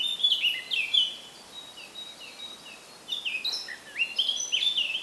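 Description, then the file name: Eurasian blackcap song: two fluty, tumbling warbled phrases separated by a short lull. "Sylvia atricapilla"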